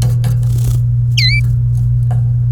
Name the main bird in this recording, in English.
Domestic Canary